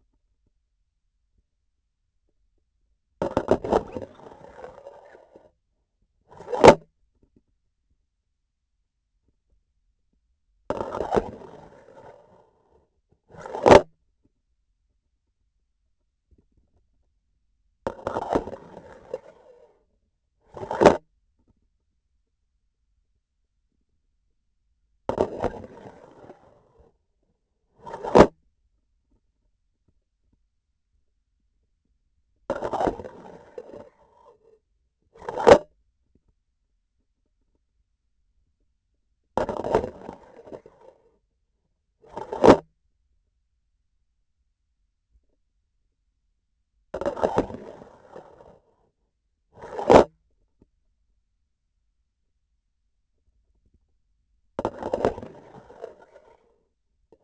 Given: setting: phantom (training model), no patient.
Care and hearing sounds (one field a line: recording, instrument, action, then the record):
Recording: laparoscopic instrument, vibration sensor on the handle end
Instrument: grasping forceps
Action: insertion and removal through the trocar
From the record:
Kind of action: spatial motion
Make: other than Olympus